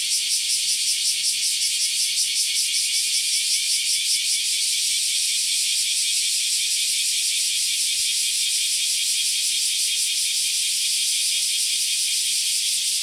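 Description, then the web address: Cicada song, a loud, steady high-pitched buzzing drone that pulses slightly, most noticeably in the first few seconds. Recorded 31 July 2020 at 07:38. "arpla 自然音研究室"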